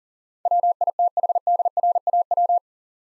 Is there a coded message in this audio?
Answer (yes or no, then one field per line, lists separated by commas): yes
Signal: Morse code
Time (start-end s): 0.5-2.6 s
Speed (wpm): 39 wpm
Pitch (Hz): 700 Hz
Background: none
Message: WITHDRAW